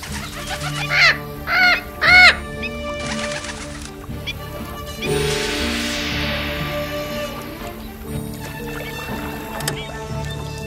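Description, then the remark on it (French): A bird lets out two loud, harsh calls in quick succession, each rising and falling, followed by a rushing, splashing burst of noise over a low steady hum, with no one talking. “Je n'ai jamais vu un oiseau se comporter comme ça.”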